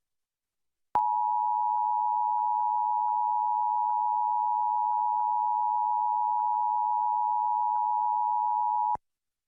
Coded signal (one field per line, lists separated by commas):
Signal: Emergency Alert System (SAME) tones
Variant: 853 and 960 Hz attention tone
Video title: TSUNAMI WARNING FOR ALL OF HAWAII ON KGMB-TV (7/29/2025) (EAS #185)